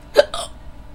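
A single hiccup from an adult late at night: a sharp, abrupt gulping click followed at once by a brief breathy release, then quiet. This is the typical sound of a hiccup, a sudden involuntary diaphragm spasm snapping the vocal cords shut.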